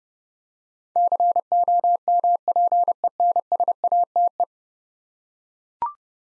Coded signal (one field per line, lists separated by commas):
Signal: Morse code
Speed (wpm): 31 wpm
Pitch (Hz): 700 Hz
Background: none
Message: COMPENSATE